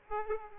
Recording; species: mosquito wingbeat signal from an infrared sensor; Aedes aegypti